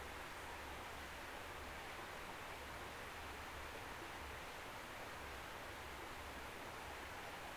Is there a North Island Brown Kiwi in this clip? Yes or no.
no